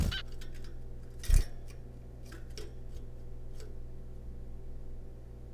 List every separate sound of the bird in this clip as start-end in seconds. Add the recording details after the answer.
0.12-0.22. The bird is a juvenile. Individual R3549